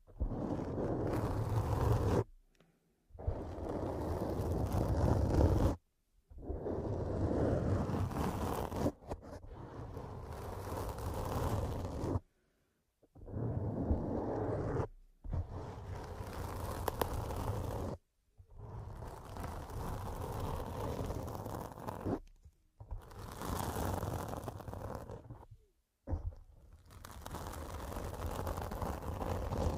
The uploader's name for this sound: Pure Scratching